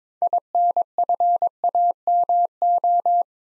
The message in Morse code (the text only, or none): INFAMO